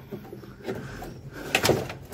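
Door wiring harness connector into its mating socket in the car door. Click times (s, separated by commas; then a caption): 1.5 s. The door wiring-harness connector is pushed into its mating socket inside the front door of a Polo during a power-window regulator and door-lock replacement. After quiet handling rustle, a sharp click at 1.6 s marks the connector seating, followed by a softer tap just after and a light knock near 2.2 s.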